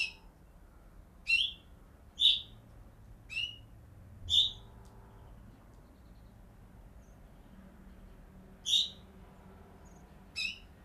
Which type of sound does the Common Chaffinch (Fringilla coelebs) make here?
call